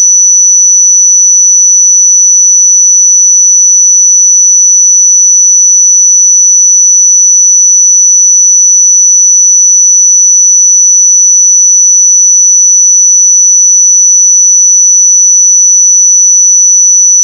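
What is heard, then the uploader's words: A pure sine tone at 5944 Hz holds perfectly steady and bright for the whole clip, unchanging in pitch and loudness, with nothing else present. 5944 Hz 1 Hz Interval Sine Pure Tone Frequency 441000 Sample Mono.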